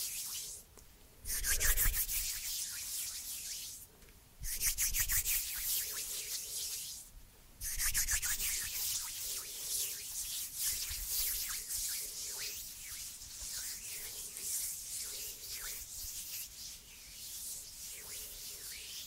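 Hands rub and move together in a soft, dry, scratchy hiss with a bright edge. Three stronger swipes stand out near one, four and seven and a half seconds. After that the rubbing settles into a steadier, slightly quieter rasp of small strokes.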